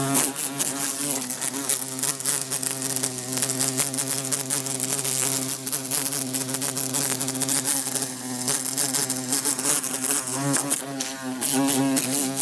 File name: Bumblebee trying to escape thru closed window